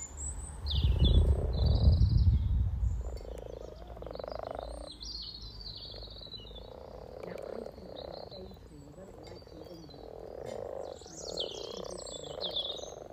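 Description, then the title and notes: Frogs croaking in overlapping purring bursts, a loud low rumble early on, and lively birdsong throughout. Chorus of about 20 frogs in a sunny garden pond, welcoming arriving females come to spawn; Freshfield, Formby, Merseyside, UK; sunny St Patrick's Day lunchtime, 17 March 2023, spring. "Relaxation Frog Chorus Capturing Voices 2023 Spring first lunch outside. Frog chorus captured on 17th March 2023, Freshfield Formby Merseyside, UK Our first lunch outside on sunny St Patrick’s day 17 March 2023"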